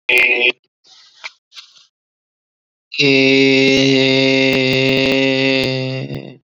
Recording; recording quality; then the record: sustained vowel as in made; moderate, slight background noise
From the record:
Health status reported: COVID-19 positive, mild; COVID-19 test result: positive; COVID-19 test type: RT-PCR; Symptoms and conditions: cold, fever, muscle pain, diabetes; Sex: male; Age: 32 years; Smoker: no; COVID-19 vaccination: one dose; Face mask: not worn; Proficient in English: yes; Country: India